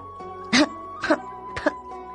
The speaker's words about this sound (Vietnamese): Bỗng có tiếng ho khan của Lâm Thị. Lăng Phong quay lại quan tâm hỏi. Nương có sao không vậy?